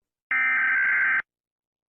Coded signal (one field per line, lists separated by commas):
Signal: Emergency Alert System (SAME) tones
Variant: header bursts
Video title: Series 1: EAS Alarms Animated: Part 1